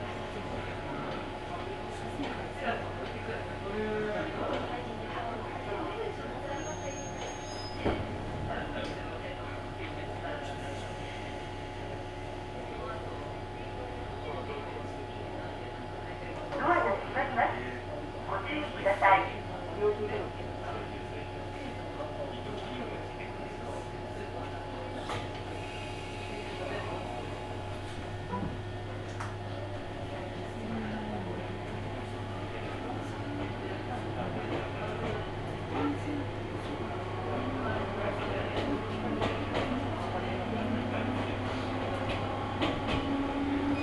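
A ride aboard an Ohmi Railway train: a steady low rumble and hum fill the carriage, with faint thin tones held throughout. Voices murmur now and then, and a cluster of sharp clatters and knocks stands out around 16 to 20 seconds.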